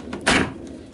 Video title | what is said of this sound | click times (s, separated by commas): Railway Overview Update | clicks into place just | 0.3 s